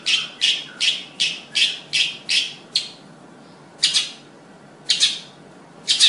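Bird calls: harsh buzzy notes, a quick run of about eight, then a few more spaced-out notes.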